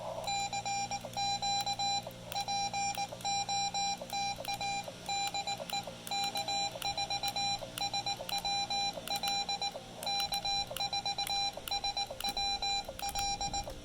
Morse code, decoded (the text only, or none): CQ POTA DE K4SWL K4SWL